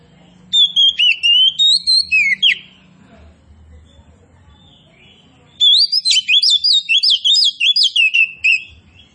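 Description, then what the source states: Oriental magpie-robin song: bursts of rapid, sweet whistled notes sliding up and down, about two seconds of singing, a pause, then another long fluent phrase. Oriental magpie-robin of the form called kacer poci, singing actively and loudly ('gacor').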